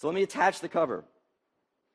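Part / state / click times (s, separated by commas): keyboard cover into tablet magnetic connector / not seated / none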